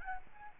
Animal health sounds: mosquito wingbeat signal from an infrared sensor; Aedes albopictus

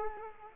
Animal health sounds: mosquito wingbeat signal from an infrared sensor; Culex quinquefasciatus

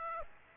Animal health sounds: mosquito wingbeat signal from an infrared sensor; Aedes aegypti

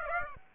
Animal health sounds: mosquito wingbeat signal from an infrared sensor; Aedes aegypti

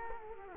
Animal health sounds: mosquito wingbeat signal from an infrared sensor; Culex quinquefasciatus

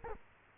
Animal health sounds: mosquito wingbeat signal from an infrared sensor; Culex quinquefasciatus

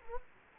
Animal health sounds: mosquito wingbeat signal from an infrared sensor; Culex quinquefasciatus

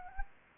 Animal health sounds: mosquito wingbeat signal from an infrared sensor; Anopheles arabiensis

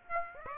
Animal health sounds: mosquito wingbeat signal from an infrared sensor; Aedes aegypti

